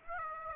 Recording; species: mosquito wingbeat signal from an infrared sensor; Aedes aegypti